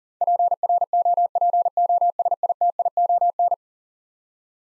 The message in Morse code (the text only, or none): PROPOSITION